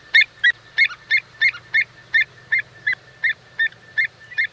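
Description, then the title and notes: Avocet giving repeated fluty 'kluit' notes at a steady quick pace, roughly three per second, over a low continuous hum. Wading bird. "Song of the Avocet (Wading bird)"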